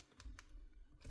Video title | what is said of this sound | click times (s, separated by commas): This box of broken Makita power tools was to easy, so I added more faulty Makita tools. | There's no ratcheting sound, it's not clicking. | none